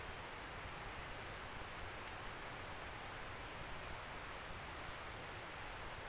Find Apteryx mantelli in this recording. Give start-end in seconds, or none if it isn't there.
none